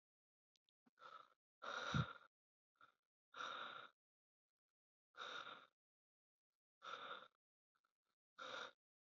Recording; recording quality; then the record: shallow breathing; excellent, no background noise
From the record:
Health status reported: respiratory illness, not identified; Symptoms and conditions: asthma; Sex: male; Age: 22 years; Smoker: not ticked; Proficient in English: yes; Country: United States